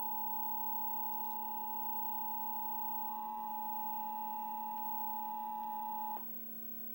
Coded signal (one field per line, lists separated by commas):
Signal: Emergency Alert System (SAME) tones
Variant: 853 and 960 Hz attention tone